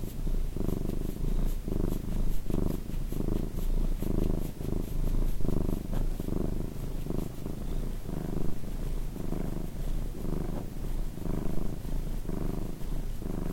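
Cat purring, a low steady rumble that swells and fades with each breath, continuing throughout.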